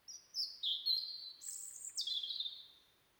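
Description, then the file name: European robin song: a string of thin, high drawn-out notes stepping between pitches, with a very high squeaky note in the middle and a falling slur. "Erithacus rubecula"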